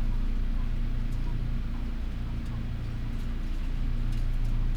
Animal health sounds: poultry house recording; healthy chickens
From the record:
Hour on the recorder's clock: 12

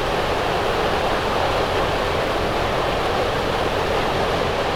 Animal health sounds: poultry house recording; no chicken sound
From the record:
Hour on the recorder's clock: 16

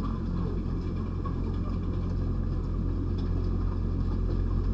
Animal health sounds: poultry house recording; healthy chickens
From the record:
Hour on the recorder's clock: 1

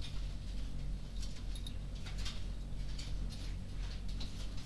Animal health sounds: poultry house recording; no chicken sound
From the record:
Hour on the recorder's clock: 21

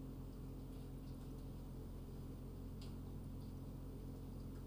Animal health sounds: poultry house recording; healthy chickens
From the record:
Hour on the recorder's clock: 23

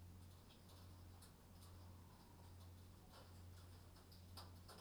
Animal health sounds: poultry house recording; no chicken sound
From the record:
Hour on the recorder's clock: 21

